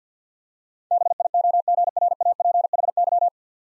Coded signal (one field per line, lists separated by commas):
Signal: Morse code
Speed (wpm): 49 wpm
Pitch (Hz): 700 Hz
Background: none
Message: BIOGRAPHY